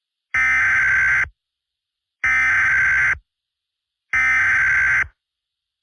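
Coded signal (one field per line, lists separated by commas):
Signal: Emergency Alert System (SAME) tones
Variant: header bursts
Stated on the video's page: Mock Emergency Alert System tornado emergency, simulated.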